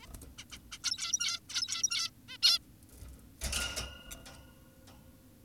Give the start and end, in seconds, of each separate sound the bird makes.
0.02-0.07, 0.38-0.45, 0.52-0.59, 0.72-0.78, 0.84-1.40, 1.50-2.10, 2.28-2.38, 2.43-2.59